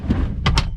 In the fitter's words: until it clicks everything's in place